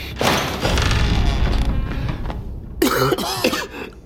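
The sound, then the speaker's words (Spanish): A storeroom door is forced open with a long, loud burst of rough scraping and heavy thudding, followed by a startled voice crying out. “Detrás de la puerta. Abre tú.”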